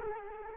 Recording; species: mosquito wingbeat signal from an infrared sensor; Culex quinquefasciatus